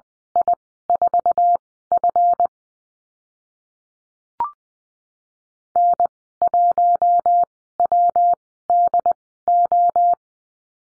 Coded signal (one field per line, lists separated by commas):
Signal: Morse code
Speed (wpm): 20 wpm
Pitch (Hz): 700 Hz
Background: none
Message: I4F N1WDO